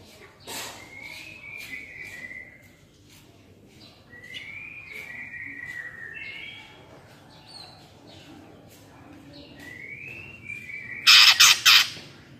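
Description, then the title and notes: Greater green leafbird singing slurred whistled phrases that rise then fall, repeated several times, ending with a burst of loud harsh rasping notes. Gacor (actively singing) cucak ijo, described as ngentrok with crest raised; recording meant as a master track for training captive cucak ijo birds. "Cucak Ijo Gacor Ngentrok Jambul Nembak. suara burung cucak ijo gacor, merdu cocok buat masteran burung cucak ijo"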